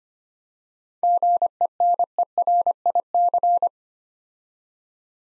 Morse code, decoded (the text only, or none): GENERIC